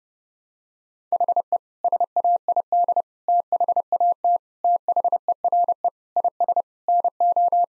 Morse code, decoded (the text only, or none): HE SAID THAT THERE IS NO